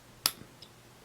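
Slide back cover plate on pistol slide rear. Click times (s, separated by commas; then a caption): 0.3 s. The slide back cover plate on the rear of a Glock pistol slide is slid upward during removal and gives a sharp click at 0.3 s, releasing it. A fainter tick follows at about 0.6 s, before the takedown tool goes onto the spacer sleeve.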